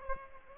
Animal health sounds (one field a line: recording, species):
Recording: mosquito wingbeat signal from an infrared sensor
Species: Aedes aegypti